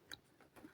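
The third and final plastic snap of a helmet pad, being refitted after cleaning, is handled against its socket in the helmet shell. Soft ticks are heard around 0.1 s, 0.4 s and 0.6 s, and a sharper, louder tick comes right at the end. Nothing has seated or clicked home yet.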